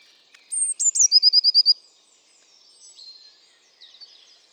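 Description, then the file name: Eurasian blue tit singing one phrase. A couple of sharp, very high notes lead into a quick trill, followed by faint twitters. "Cyanistes caeruleus"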